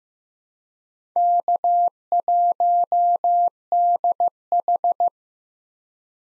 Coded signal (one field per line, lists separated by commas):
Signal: Morse code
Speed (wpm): 15 wpm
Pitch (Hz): 700 Hz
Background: none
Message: K1DH